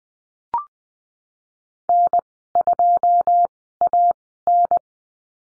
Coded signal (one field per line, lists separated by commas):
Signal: Morse code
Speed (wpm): 19 wpm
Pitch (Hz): 700 Hz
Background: none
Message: N2AN